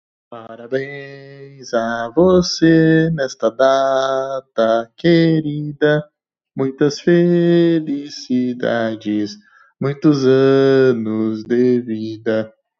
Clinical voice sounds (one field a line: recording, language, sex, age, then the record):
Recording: short text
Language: Brazilian Portuguese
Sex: male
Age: 20 to 29 years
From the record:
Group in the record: control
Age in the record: 29 years